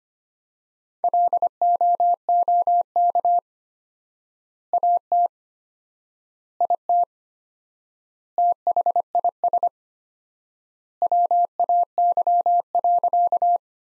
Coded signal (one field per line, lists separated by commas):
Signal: Morse code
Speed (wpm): 25 wpm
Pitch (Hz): 700 Hz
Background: none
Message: LOOK AT IT THIS WAY.